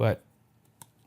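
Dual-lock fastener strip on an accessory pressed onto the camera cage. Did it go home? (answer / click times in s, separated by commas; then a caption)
yes / 0.8 s. Someone talks briefly, then a light or mic mount is pressed onto a camera cage with interlocking dual-lock fastener strips. The strips snap together with a single sharp click at 0.8 s, and the mount locks in place.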